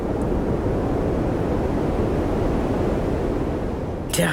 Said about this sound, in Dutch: Nee, zullen we nog heel even luisteren voordat we verder praten? Even kijken hoe het ook alweer klinkt. White noise.